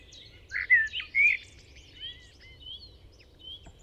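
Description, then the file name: Common blackbird giving one short, rich fluted phrase with a squeaky finish, then faint, thin high notes trailing off against low background noise. "Turdus merula"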